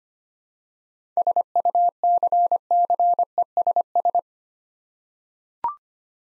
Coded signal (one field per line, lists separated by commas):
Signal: Morse code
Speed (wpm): 25 wpm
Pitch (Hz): 700 Hz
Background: none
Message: SUCCESS